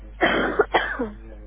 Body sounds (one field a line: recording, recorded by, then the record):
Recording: voluntary cough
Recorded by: telephone call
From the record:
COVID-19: negative